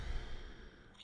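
A single soft, sighing out-breath from an adult, fading over about a second, taken as part of a breathing exercise.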